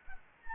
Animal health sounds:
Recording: mosquito wingbeat signal from an infrared sensor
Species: Anopheles gambiae

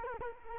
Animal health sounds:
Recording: mosquito wingbeat signal from an infrared sensor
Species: Culex quinquefasciatus

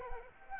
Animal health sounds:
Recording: mosquito wingbeat signal from an infrared sensor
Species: Anopheles arabiensis

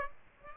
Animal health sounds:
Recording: mosquito wingbeat signal from an infrared sensor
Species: Aedes aegypti

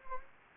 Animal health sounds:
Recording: mosquito wingbeat signal from an infrared sensor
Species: Anopheles gambiae

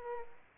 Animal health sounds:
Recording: mosquito wingbeat signal from an infrared sensor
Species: Culex pipiens

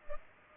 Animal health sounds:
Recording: mosquito wingbeat signal from an infrared sensor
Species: Culex pipiens

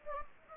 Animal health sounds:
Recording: mosquito wingbeat signal from an infrared sensor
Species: Anopheles gambiae

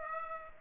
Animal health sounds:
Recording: mosquito wingbeat signal from an infrared sensor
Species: Aedes aegypti

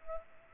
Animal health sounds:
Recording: mosquito wingbeat signal from an infrared sensor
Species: Culex pipiens

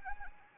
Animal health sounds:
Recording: mosquito wingbeat signal from an infrared sensor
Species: Anopheles arabiensis

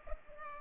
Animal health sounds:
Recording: mosquito wingbeat signal from an infrared sensor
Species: Culex pipiens

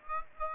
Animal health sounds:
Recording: mosquito wingbeat signal from an infrared sensor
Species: Aedes aegypti

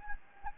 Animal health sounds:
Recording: mosquito wingbeat signal from an infrared sensor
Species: Anopheles gambiae

